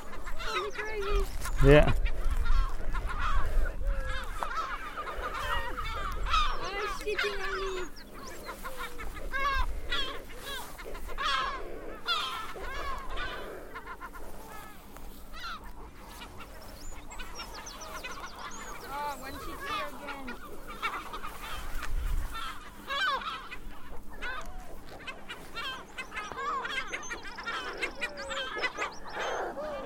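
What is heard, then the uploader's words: Manx Shearwaters call in a dense, overlapping chorus of harsh, honking cries, with a steady low hum and occasional deep thumps underneath. Counting Manx Shearwaters on Skomer Island, Wales, in June 2018.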